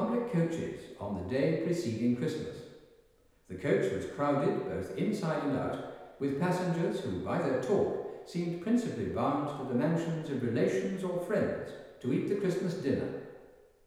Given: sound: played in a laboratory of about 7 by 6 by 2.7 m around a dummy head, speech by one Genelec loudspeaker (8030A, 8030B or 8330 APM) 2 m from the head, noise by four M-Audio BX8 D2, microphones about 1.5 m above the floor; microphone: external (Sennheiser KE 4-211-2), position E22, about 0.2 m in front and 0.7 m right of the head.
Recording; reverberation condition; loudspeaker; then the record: male speech in English; high; 150 degrees to the right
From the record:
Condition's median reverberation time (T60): about 1300 ms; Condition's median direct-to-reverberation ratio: about -4.0 dB